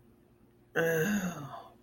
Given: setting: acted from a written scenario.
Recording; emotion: vocal sound without words; shame